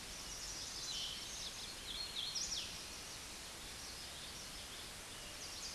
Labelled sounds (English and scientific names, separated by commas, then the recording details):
Hooded Warbler (Setophaga citrina) song
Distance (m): 55 m
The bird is about 20 m above the microphone
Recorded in a Pennsylvania forest on 16 May 2024 at 09:21
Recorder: AudioMoth, point MSD-1295
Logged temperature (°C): 13.7 °C
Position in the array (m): 151 m, 116 m